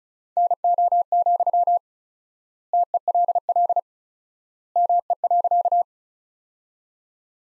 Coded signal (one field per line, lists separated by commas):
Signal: Morse code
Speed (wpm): 36 wpm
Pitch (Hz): 700 Hz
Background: none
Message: NO, TELL ME.